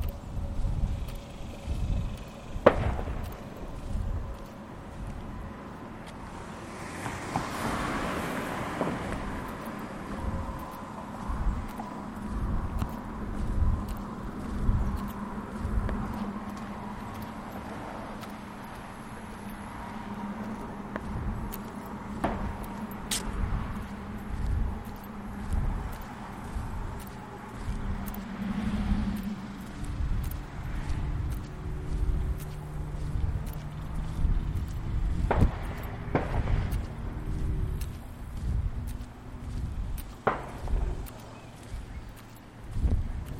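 A lunchtime walk through a neighborhood: regular footsteps thud throughout while cars pass, one swelling around eight seconds, with brief clicks and distant voices.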